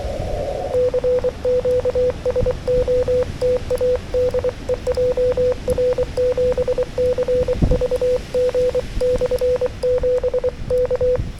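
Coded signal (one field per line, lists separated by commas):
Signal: Morse code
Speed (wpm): 24 wpm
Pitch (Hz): 500 Hz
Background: radio noise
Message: CQ SOTA DE JR7CVG/7 K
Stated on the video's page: SOTA summit activation on 40m CW in gale winds, Yaesu FTX-1F at 5W QRP, RHM12 screwdriver antenna, keyed with a BaMaKeY TP-III paddle.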